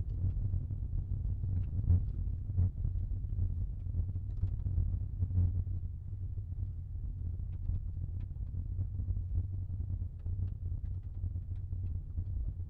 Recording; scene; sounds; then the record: everyday scene through a hearing-aid microphone; in a vehicle; engine, rumble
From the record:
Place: Skoda Fabia, gasoline engine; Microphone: in the ear canal, left